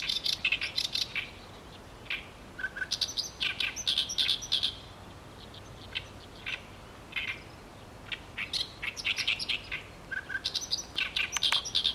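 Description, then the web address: Bird calls: quick clusters of sharp, high chirps and twittering notes, in bursts separated by short pauses, over a quiet background hiss. "ikimono tori"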